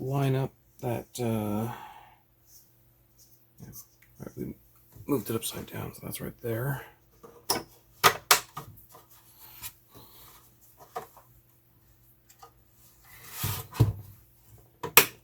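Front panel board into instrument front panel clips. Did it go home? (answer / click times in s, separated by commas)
yes / 8.3 s, 15.0 s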